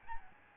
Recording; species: mosquito wingbeat signal from an infrared sensor; Aedes albopictus